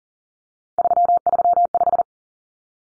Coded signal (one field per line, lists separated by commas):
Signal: Morse code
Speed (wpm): 37 wpm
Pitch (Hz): 700 Hz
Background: none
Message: 335